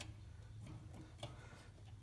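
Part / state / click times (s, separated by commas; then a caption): spade wire connector onto furnace flame sensor terminal / not seated / none. A spade wire connector is handled near the metal tab of the flame sensor on a Rheem R92PA furnace after the sensor has been cleaned, but it has not seated or clicked yet. A steady low hum runs throughout, with brief faint ticks at about 0.0 s and 1.2 s.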